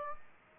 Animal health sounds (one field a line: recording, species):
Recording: mosquito wingbeat signal from an infrared sensor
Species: Aedes aegypti